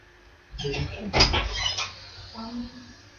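A door is answered after a knock, opening or closing with a short rattling clunk and a brief scraping burst, followed by a quiet voice murmuring.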